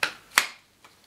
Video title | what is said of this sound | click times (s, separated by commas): Dyson DC40 (2015) Multifloor Unboxing, Assembly & First Impressions | I've heard a click and now that's locked in until I press the red button | 0.4 s